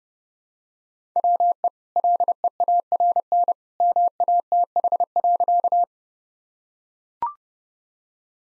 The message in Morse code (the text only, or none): WE LEARN MATH.